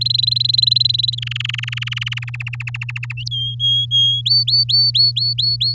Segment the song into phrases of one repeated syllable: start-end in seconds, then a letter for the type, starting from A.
0.01-1.15 A, 1.18-2.36 B, 2.40-3.13 C, 3.31-4.21 D, 4.25-5.74 E